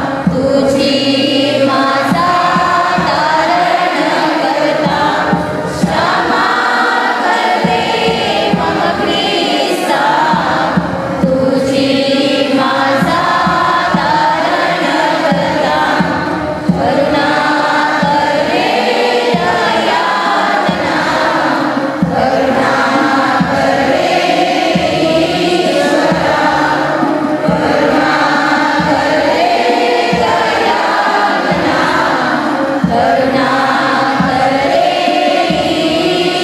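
A congregation sings together, many voices blending into a full, continuous sound with sustained tones and gentle shifts between notes. The level stays steady throughout, with a resonant, roomy quality and no clear pauses.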